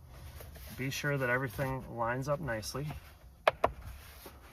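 On a 2012 Subaru Impreza WRX STI, a plastic clock spring is slid onto the steering column switch housing with its plastic tabs lined up while someone talks. Two brief, sharp handling sounds follow at about 3.5 and 3.6 seconds. The clock spring has not popped together or seated yet.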